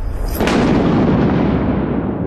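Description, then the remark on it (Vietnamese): A sudden, loud crack of thunder from a lightning strike splits the air, followed by a deep, heavy rumble that rolls on for a couple of seconds. No voices are heard. “Thêm một tiếng sét khô gốc nữa chát chúa vang lên, một luồng điện sáng lòa suýt chạm vào hai gã đang phủ phục hướng về ngôi mộ.”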